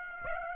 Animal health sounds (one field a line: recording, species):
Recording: mosquito wingbeat signal from an infrared sensor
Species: Aedes aegypti